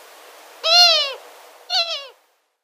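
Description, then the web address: Long-eared Owl female call: a drawn-out, nasal, slightly falling wail followed by a shorter, choppier second note. Female; display call. "Schulze Peter Long-eared Owl"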